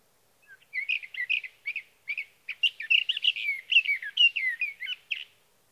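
Sage thrasher song, an extended rambling warble of quick, varied notes and slurs delivered almost without break for about five seconds.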